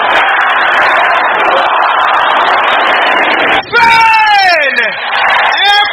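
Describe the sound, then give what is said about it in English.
An audience shouts loudly in unison, a dense, continuous roar of many voices, then after a brief dip breaks into long, falling cries that blend together. “Can I hear you shouting those things?”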